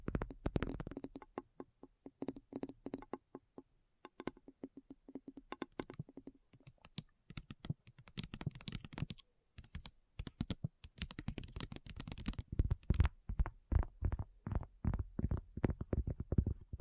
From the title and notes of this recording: ASMR Addictive Tapping. (No Talking).